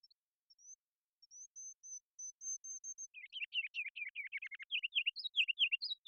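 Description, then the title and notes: Ruby-crowned kinglet song beginning with faint high see notes, shifting to rapid twittering and then emphatic repeated warbled phrases; quiet background. Series of full songs, short songs and phrases, recorded with a parabolic microphone in Washington, Pacific Northwest, United States. "Ruby-crowned Kinglet, Regulus calendula, song performance with a series of full songs, short songs, and phrases. Pacific Northwest in Washington, Unister States"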